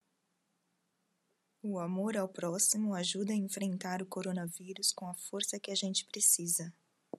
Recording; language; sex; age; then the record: spoken sentence; Brazilian Portuguese; female; 40 to 49 years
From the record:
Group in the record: control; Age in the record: 44 years